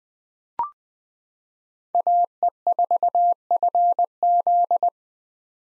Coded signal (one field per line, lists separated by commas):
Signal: Morse code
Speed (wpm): 20 wpm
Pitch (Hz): 700 Hz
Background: none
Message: AE4FZ